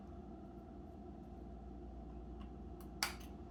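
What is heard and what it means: On a Remington PF7855 foil shaver, the second cutter block, which had not clicked in before, is pressed onto its drive post. Over a steady low background hum, a sharp click sounds at 3.0 s as the cutter seats. Someone then talks.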